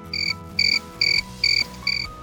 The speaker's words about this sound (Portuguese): Você sabia que podemos estimar a temperatura ambiente ouvindo apenas as cricriladas de um grilo?